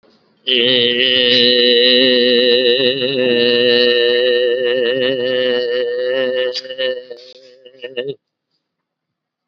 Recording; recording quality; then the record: sustained vowel as in made; excellent, no background noise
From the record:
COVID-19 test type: RT-PCR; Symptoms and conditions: diabetes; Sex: male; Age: 49 years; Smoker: no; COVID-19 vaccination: both doses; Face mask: worn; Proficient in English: yes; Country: India